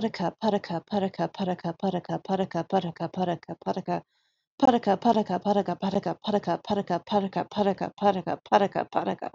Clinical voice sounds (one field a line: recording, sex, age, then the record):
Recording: repeated syllables /pa ta ka/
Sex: female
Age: 20 to 29 years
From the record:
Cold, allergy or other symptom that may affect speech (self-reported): no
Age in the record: 28 years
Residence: Texas, United States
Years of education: 13